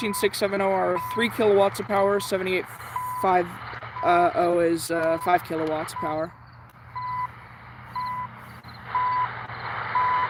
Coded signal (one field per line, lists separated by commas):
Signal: radio time signal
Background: speech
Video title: Tuning the Shortwave Radio Bands on a Friday Night